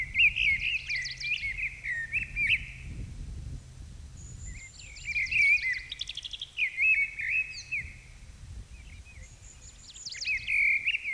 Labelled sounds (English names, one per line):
Mistle Thrush song